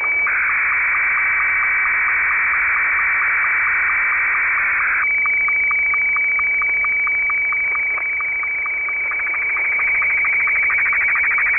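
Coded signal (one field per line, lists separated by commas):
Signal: SSTV (slow-scan television)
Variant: Martin 2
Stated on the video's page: Signal received in Manchester UK on 14.230 MHz alongside SSTV reception.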